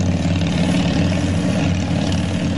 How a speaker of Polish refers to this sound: Na pewno zwolennicy takich klasycznych klimatów lubią ten mechaniczny taki łoskot, który dobiega z tych silników dwucylindrowych widlastych.